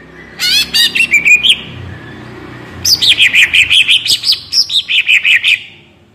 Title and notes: Cucak Ijo Gacor Ngentrok Jambul Nembak. suara burung cucak ijo gacor, merdu cocok buat masteran burung cucak ijo